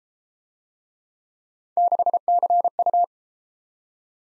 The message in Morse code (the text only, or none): 6CU